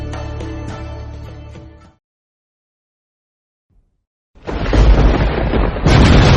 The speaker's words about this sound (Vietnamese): Chợt có tiếng động ầm ầm, trên trời mây đen vần vũ, sấm vang chớp giật,